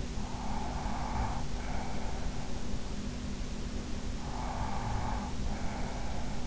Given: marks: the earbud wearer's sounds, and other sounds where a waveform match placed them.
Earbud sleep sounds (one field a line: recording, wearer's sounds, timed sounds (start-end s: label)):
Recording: sounds in sleep by an in-ear microphone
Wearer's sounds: breath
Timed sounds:
0.13-2.40 s: breath
4.02-6.47 s: breath